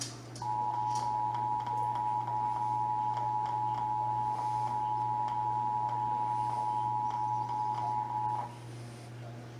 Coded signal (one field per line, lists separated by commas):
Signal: Emergency Alert System (SAME) tones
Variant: 853 and 960 Hz attention tone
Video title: (EAS #43-44) Severe Thunderstorm Warning (WBAP-AM and KTXD-TV)